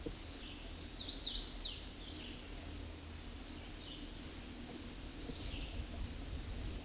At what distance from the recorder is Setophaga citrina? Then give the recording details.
about 40 m. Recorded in a Pennsylvania forest on 18 May 2023 at 11:04. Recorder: AudioMoth, point grid1_7_low. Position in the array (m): 158 m, 104 m